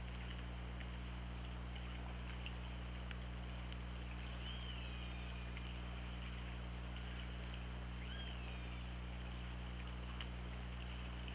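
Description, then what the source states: Orca calls, two arched tonal calls several seconds apart, each rising then sliding down, with faint clicks against a constant low hiss and hum. Underwater recording from an OrcaLab hydrophone, 24 August 2017, about 08:00.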